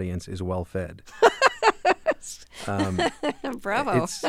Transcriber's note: laughter